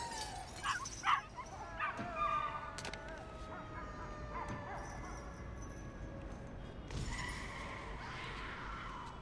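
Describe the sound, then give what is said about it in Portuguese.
Several short, sharp barks and yips from small dogs cluster in the first few seconds, followed by higher-pitched whimpering and whining, over a steady background hiss with a brief burst later on. “Cãezinhos bonitinhos, é? Vocês vão ficar aí quietinhos.”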